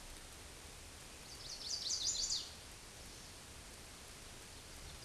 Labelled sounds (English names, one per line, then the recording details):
Chestnut-sided Warbler song
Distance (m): 20 m
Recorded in a Pennsylvania forest on 17 May 2023 at 13:54
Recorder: AudioMoth, point grid1_26_low
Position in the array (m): 189 m, 41 m